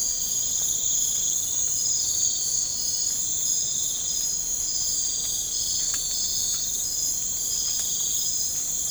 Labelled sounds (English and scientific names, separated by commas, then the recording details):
none
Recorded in pastures near Puerto Asís, Putumayo, Colombia, on 20 December 2024 at 01:00
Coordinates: 0.496, -76.326
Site G004